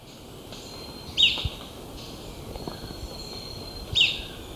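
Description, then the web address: Yellow-throated spadebill calls: two short, sharp, descending high notes about three seconds apart, over steady background noise. Recorded in Ecuador, South America. "S America Birds of Ecuador. Yellow-Throated Spadebill"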